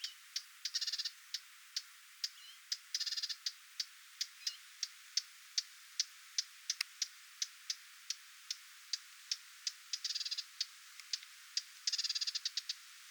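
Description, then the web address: Lesser whitethroat giving sharp clicking tacks repeated at an even pace, broken by several fast rattling runs, one near the end. Parent bird giving attention calls near its fledglings, 20 July 2026. "paivat 20 7 2026 hernekerttulintuemon huomioaantelya lentopoikastensa lahella"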